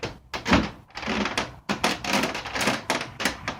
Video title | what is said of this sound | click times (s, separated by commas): evertop locking storage container | it snaps in place | 1.7 s, 1.8 s, 2.9 s